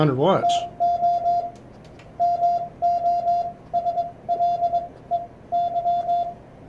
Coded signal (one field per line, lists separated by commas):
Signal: Morse code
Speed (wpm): 22 wpm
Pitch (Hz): 700 Hz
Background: speech, radio noise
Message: TO MOSLEY